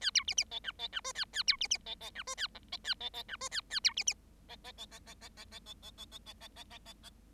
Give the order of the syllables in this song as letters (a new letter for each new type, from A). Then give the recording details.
A B C C D E D E F A A B C C D D E F A G D A D D E F A A B C C D D D D D D D D D D D D D D D D D D. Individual Bird7